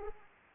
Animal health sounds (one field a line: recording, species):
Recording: mosquito wingbeat signal from an infrared sensor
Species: Anopheles arabiensis